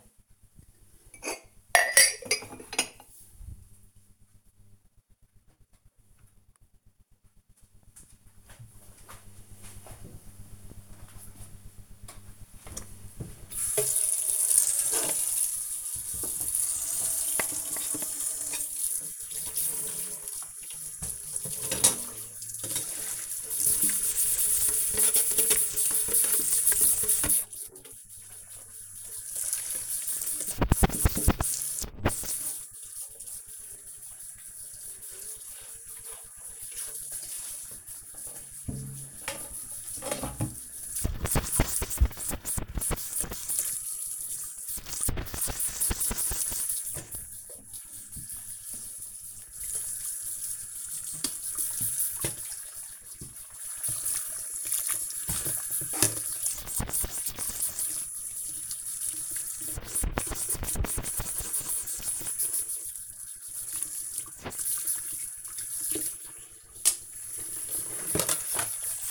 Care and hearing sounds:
household activities, microphone on the right wrist
0.00-5.50 s: putting away the dishes
11.53-69.11 s: washing dishes

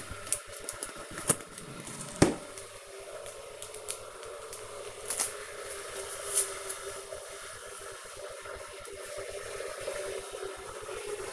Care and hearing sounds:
household activities, microphone on the right wrist
0.00-11.33 s: making tea

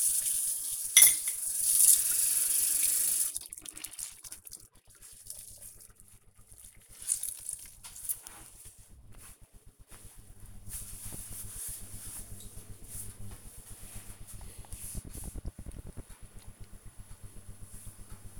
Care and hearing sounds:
household activities, microphone on the right wrist
0.00-3.75 s: washing dishes

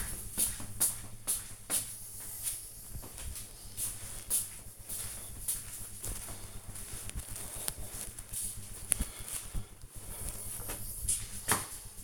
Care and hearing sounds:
household activities, microphone on the right wrist
none

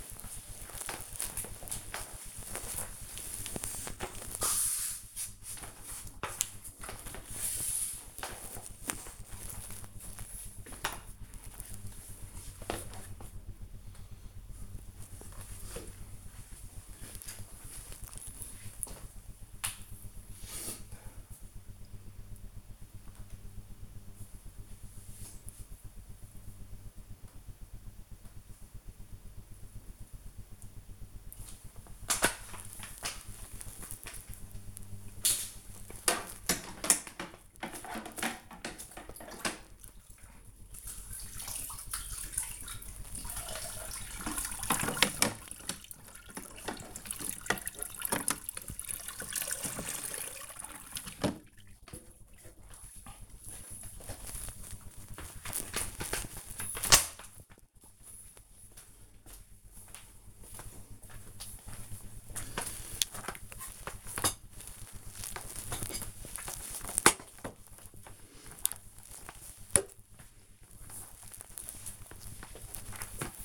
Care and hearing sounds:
household activities, microphone on the right wrist
0.00-10.81 s: floor cleaning
31.95-73.45 s: floor cleaning

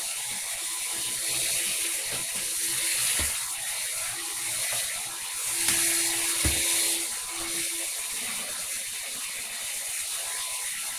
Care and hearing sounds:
household activities, microphone on the right wrist
0.00-10.98 s: vacuum cleaning

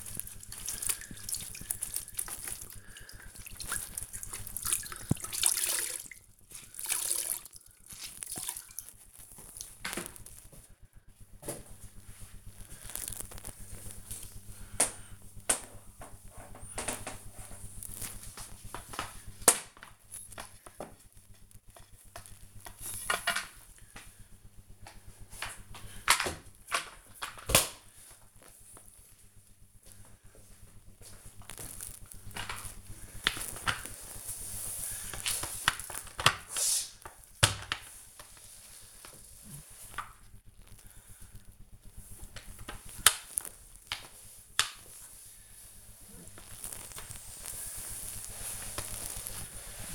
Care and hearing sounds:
household activities, microphone on the right wrist
0.00-49.95 s: floor cleaning

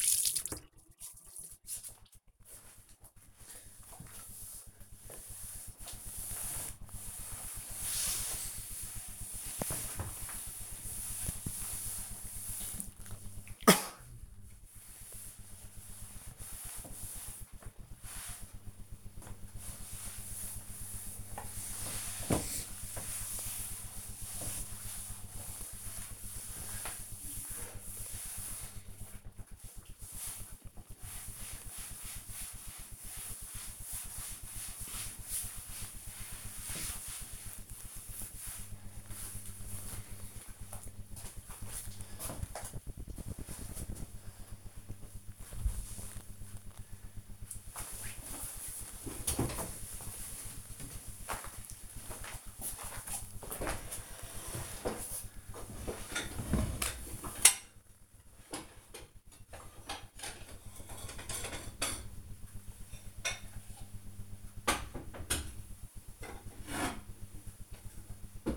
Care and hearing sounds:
household activities, microphone on the right wrist
0.00-38.57 s: cleaning table

